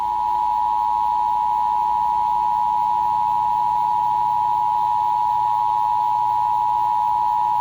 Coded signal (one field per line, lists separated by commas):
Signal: Emergency Alert System (SAME) tones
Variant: 853 and 960 Hz attention tone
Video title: Required Monthly Test for June (EAS #335)